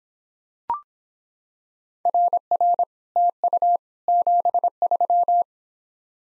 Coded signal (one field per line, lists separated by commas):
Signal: Morse code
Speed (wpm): 26 wpm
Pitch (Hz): 700 Hz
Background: none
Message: RR TU 73